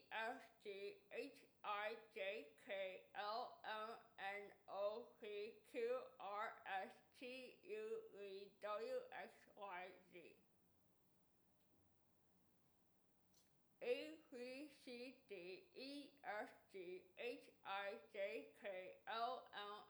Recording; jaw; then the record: letters of the alphabet, spoken; constrained by a bite bar between the teeth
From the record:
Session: first day, right after the free take